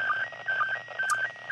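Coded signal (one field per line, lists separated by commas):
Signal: SSTV (slow-scan television)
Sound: warbling tone shifting between two pitches, with short low blips about twice a second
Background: radio static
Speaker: Uh, this says it should not be visible for me anymore. So, I'm still hearing it.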